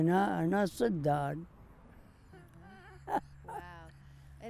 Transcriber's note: laughs